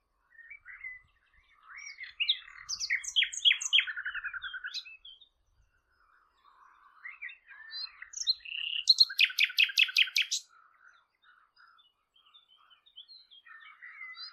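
Bird song: two long phrases of chirps and fast repeated buzzy notes separated by a pause, with softer twittering afterward.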